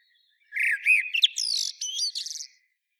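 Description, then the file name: Common blackbird song phrase: mellow fluted whistles sliding around, then a burst of high, squeaky twittering notes, lasting about two seconds against a silent background. "Turdus merula"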